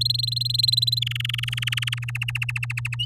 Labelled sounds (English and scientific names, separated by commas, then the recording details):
Domestic Canary (Serinus canaria) song
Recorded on 8 May 2018 at 12:54
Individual llb16